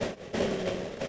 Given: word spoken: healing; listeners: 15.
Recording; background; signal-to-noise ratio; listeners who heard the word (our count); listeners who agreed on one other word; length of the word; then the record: one English word in noise, from a listening test; noise modulated by three-talker babble; -3.7 dB; 0 of 15; 9 of 15; 0.68 s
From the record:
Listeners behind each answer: 9, 2, 1, 1, 1, 1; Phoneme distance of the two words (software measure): 10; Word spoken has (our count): 2 syllables, 5 phonemes, stress on syllable 1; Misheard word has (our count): 2 syllables, 5 phonemes, stress on syllable 1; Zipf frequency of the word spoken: 3.77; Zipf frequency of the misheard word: 5.28